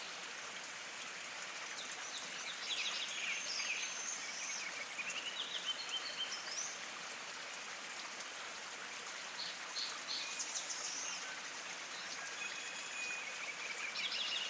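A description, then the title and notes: Songbirds sing in short, bright phrases over a steady, dense hiss of running water that fills the scene from start to end. The calls come and go, clustering near the start, around the middle and again toward the end, with almost nothing deep underneath. Banff Basin Hot Springs. 2022 at Banff Cave and Basin Historical Site. The flowing water in this recording has a higher pitch because it's hot. Songbirds sing sweetly in this microclimate on an otherwise cool July morning in the cradle of the Northern Rockies.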